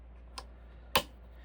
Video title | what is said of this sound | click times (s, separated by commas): Brother, VX 780 sewing machine cleaning and oiling tutorial ￼ | Okay. You just take these and you snap them back in place. | 0.4 s, 1.0 s